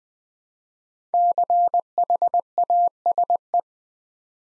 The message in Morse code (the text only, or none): CHASE